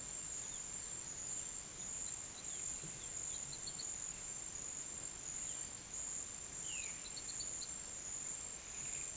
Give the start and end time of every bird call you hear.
[2.13, 3.90] bird call
[6.58, 7.79] bird call

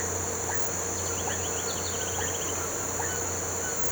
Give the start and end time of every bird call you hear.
[1.06, 2.56] bird call

